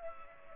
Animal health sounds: mosquito wingbeat signal from an infrared sensor; Culex pipiens

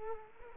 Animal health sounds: mosquito wingbeat signal from an infrared sensor; Culex quinquefasciatus

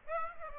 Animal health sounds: mosquito wingbeat signal from an infrared sensor; Aedes aegypti

